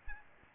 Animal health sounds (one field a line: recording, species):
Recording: mosquito wingbeat signal from an infrared sensor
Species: Aedes albopictus